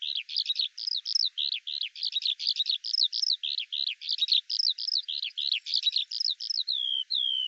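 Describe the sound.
Eurasian skylark song: a continuous, rapid stream of high chirping and warbled notes, with short rising and falling phrases packed closely together, ending on a slurred whistle.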